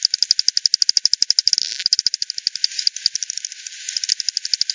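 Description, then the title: Bat echolocation calls, a fast, steady train of dry ticking pulses, about ten per second, with a brief smeared rush near the middle. "WW bat 20201007 T 18 : 10 Z-Hogsmill-Lane-Hogsmill-River-multiple-bats-FD 10-bandpass-1500-to-7500 Hz"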